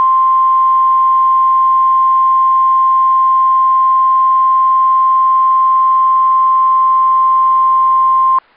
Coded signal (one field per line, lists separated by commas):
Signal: Emergency Alert System (SAME) tones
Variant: 1050 Hz attention tone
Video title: Special Marine Warning! (EAS #285) 08/12/2025 WXL51